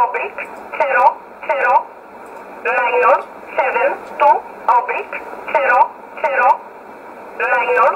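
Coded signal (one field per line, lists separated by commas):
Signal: numbers station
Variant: E11 Oblique, English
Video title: 13 11 2019 E11 Oblique Numbers station in English 1626 on 5082 unknown tx site in USB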